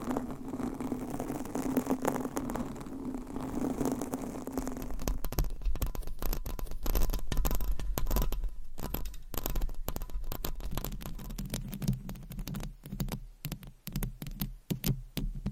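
Fingernails scratch across a microphone cover, making a continuous rough rasp. The first five seconds hold a steady, duller rubbing hum; after that the scratching turns busy and crackly, with rapid uneven strokes and brief gaps near the end.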